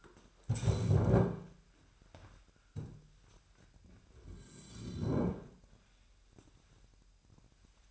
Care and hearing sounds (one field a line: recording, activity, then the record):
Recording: daily activity, microphone in the room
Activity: stand up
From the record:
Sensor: 2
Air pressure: 998.4 hPa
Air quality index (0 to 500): 128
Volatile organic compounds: 3 ppm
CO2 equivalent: 1449 ppm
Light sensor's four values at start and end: 6/16/6/7 and 5/12/5/5